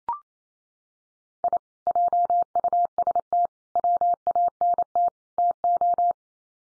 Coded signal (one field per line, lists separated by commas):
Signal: Morse code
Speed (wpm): 28 wpm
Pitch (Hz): 700 Hz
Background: none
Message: I JUST WANT TO